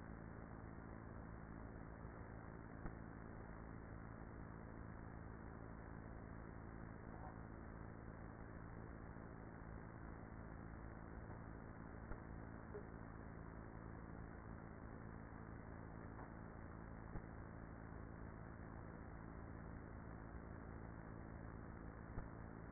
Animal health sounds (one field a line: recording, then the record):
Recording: honeybee colony, microphone inside the hive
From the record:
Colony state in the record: queenless with a low population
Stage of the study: after two queens were removed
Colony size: about 30,000 bees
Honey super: no